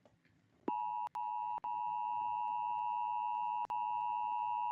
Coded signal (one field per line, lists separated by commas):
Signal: Emergency Alert System (SAME) tones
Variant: 853 and 960 Hz attention tone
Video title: Charlottes Horrific Outbreak: An EAS Scenario by me and @RockfordGaming49 (PT. 1)